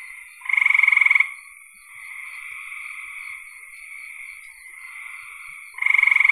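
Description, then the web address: Frogs calling: a loud rapid pulsed trill, a long stretch of quieter steady trilling from others, then the loud pulsed trill returns at the end. "cn frogs"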